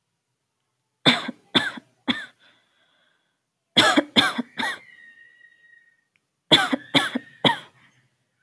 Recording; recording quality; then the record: heavy voluntary cough; excellent, no background noise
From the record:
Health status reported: recovered from COVID-19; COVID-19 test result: positive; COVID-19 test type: RT-PCR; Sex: female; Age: 24 years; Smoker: no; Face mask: not worn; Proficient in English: no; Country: India